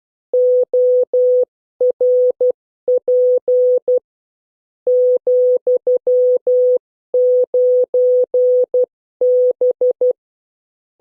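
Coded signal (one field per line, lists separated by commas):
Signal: Morse code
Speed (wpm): 12 wpm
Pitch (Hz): 500 Hz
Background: none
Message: ORP ,9B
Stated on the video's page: Morse code class recording.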